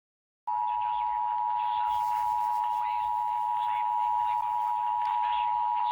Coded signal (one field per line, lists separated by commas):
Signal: Emergency Alert System (SAME) tones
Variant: 853 and 960 Hz attention tone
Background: speech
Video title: EAS #60/65 - Illinois Required Monthly Test - Oct 4, 2022